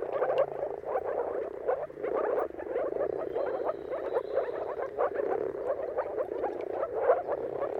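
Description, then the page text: Moor frogs forming a dense chorus of overlapping bubbly notes; a faint high bird note in the middle. Mating chorus of many moor frogs at sunrise, turn of March and April, timing depending on the weather. "Dawn’s Chorus: Mating Calls of Marsh Frogs at Sunrise. Depending on the weather at the turn of March and April, you can witness an amazing spectacle of moor frogs. Jakub Orzecki. earth.fm"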